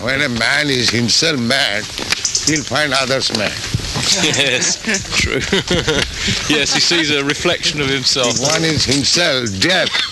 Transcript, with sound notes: When a man is himself mad, he'll find others mad.
Yes, true. [laughter] Yes, he sees a reflection of himself.
If one is himself deaf,